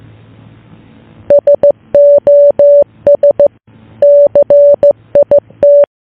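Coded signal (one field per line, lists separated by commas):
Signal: Morse code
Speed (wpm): 15 wpm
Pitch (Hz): 580 Hz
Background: none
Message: SOS CIT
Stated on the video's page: Fictional analog horror EAS evacuation alert for a Roblox game.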